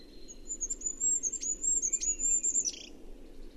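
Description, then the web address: Bird, a thin, very high twittering series with several quick downward flicks, ending in a brief squeaky flourish, over a low steady hum. "Bird Only"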